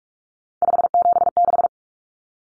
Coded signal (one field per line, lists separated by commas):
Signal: Morse code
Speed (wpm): 44 wpm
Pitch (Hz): 700 Hz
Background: none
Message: 576